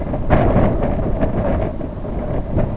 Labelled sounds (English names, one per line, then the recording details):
none
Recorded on Arctic tundra, site IGLO-B, on 25 June 2018
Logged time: 19:59